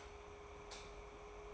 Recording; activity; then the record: daily activity, microphone in the room; light on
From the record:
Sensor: 1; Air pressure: 1010.3 hPa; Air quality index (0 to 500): 172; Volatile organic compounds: 12 ppm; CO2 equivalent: 2376 ppm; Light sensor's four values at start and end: 55/143/59/75 and 55/143/59/75